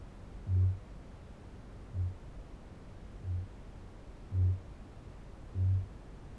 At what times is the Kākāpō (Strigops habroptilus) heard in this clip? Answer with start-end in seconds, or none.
0.00-0.88, 1.71-6.00